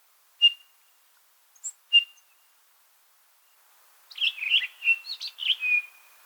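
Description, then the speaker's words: Townsend's Solitaire with two short whistled call notes, then a rapid jumbled warbling song burst. Quiet fall morning in the Sierra Nevada, California, with wind in the trees and few birds vocal; whistled calls followed by a spontaneous half-minute burst of song. "Out of the quiet, the whistled calls of a Townsend solitaire started up, soon followed by a spontaneous burst of song"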